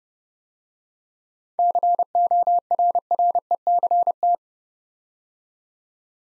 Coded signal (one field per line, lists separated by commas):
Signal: Morse code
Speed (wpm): 30 wpm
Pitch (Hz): 700 Hz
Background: none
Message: CORRECT